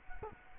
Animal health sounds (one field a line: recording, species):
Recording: mosquito wingbeat signal from an infrared sensor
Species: Culex quinquefasciatus